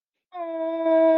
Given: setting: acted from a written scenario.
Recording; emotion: vocal sound without words; adoration